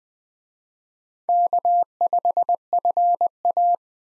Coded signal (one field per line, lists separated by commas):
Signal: Morse code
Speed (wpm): 20 wpm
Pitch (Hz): 700 Hz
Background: none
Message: K5FA